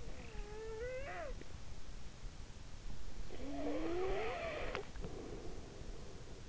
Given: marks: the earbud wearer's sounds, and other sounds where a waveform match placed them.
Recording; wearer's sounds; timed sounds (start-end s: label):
sounds in sleep by an in-ear microphone; snoring breath
0.01-1.71 s: snoring breath
3.21-6.49 s: snoring breath